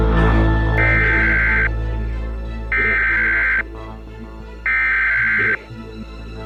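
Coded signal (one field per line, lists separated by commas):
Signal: Emergency Alert System (SAME) tones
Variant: header bursts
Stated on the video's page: Fictional zombie-themed EAS scenario.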